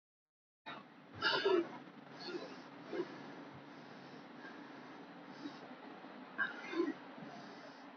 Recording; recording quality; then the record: shallow breathing; excellent, no background noise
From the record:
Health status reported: healthy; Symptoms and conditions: cold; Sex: male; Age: 24 years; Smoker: not ticked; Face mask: not worn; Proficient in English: yes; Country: India